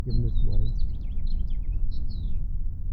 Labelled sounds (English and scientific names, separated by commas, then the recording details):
House Finch (Haemorhous mexicanus) song
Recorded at Atlantic Beach West on Long Island, New York, on 2 June 1975
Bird C